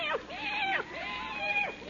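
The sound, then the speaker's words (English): A cat meows twice in a row, each call a drawn-out, wavering cry that rises and then falls in pitch, fairly loud and with no other sounds around it. “Hello, kitty. Hey, kitty, kitty, kitty, kitty.”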